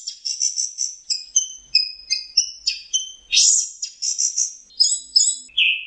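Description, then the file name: Orange-headed thrush singing fast, varied high phrases of sharp whistles and buzzy trills, repeated rapidly, ending on a lower slurred note. Masteran (training) song. "suara masteran anis merah"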